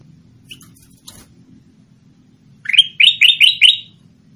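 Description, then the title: Sooty-headed bulbul singing a brisk run of five clear, rising chirped notes in about one second after near silence, with a low background hum. "Suara Burung Kutilang"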